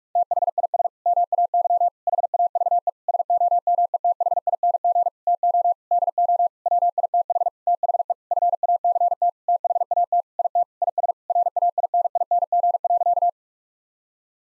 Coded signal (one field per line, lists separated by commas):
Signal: Morse code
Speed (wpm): 46 wpm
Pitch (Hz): 700 Hz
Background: none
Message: THIS MAY HAVE SOMETHING TO DO WITH THE FACT THAT IT IS RAINING.